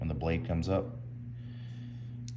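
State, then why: Seated. Someone talks while opening the blade of a Benchmade Griptilian 551-1 folding knife again after releasing and closing it. As the blade comes up, the lock engages the blade tang with a sharp click at 2.3 s. The blade locks itself back into place.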